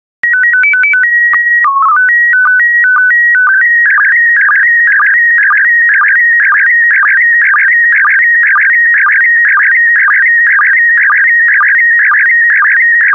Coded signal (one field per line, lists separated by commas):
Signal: SSTV (slow-scan television)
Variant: PD 120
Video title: 91045 Fruits and Vegetables SSTV PD120